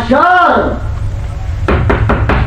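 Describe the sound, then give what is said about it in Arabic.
A brief vocal sound is followed by four loud, sharp knocks on a door in a quick, evenly spaced series, each a broad percussive thud standing out clearly over a low background rumble. “بشار، من يدق الباب دق الشرط؟”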